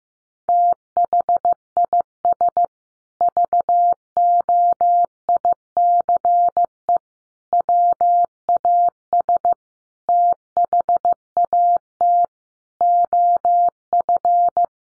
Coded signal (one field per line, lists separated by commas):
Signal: Morse code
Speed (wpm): 15 wpm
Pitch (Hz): 700 Hz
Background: none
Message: THIS VOICE WAS THAT OF